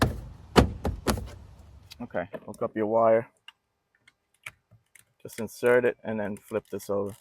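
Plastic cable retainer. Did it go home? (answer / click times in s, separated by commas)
no / none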